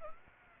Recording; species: mosquito wingbeat signal from an infrared sensor; Aedes aegypti